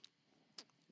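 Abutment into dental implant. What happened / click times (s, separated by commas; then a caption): The small metal part clicked onto its seat but did not drop fully home / 0.6 s. A metal dental abutment is set into a dental implant, giving a faint tick at 0.1 s and a sharper metallic click at 0.6 s. Although it appears located, the abutment rests on top of the internal hex because its index has not dropped all the way down, so it is not fully seated.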